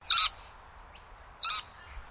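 Scaly-breasted lorikeet calls: two harsh, grating screeches about a second and a quarter apart.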